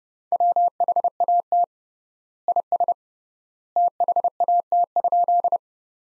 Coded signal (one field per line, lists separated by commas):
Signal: Morse code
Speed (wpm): 31 wpm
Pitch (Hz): 700 Hz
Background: none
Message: WHAT IS THAT?